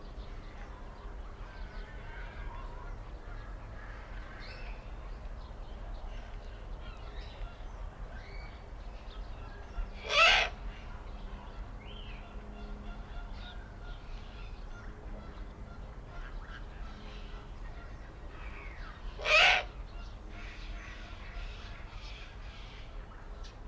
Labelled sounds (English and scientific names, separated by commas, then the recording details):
Eurasian Eagle-owl (Bubo bubo) call
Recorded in captivity
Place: Timmendorfer Strand, Holsteinische Schweiz, Schleswig-Holstein, DE
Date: 1992-09-21 15:51
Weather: sonnig, 22°C
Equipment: Marantz CP 430, Sennheiser ME 80, Kopie Tesla B 116
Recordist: Tembrock, Günter
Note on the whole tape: Vogelpark Niendorf; B. b. omissus; Lautfolgen (einsilbige Laute) längere Folge, Männchen oder Jungtier